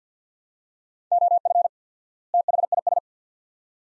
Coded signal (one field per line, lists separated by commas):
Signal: Morse code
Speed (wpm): 48 wpm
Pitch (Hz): 700 Hz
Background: none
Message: OF THIS